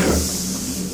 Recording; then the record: coughing mixed with background sound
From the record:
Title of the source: Residual Phlegmy Morning Coughing and Gagging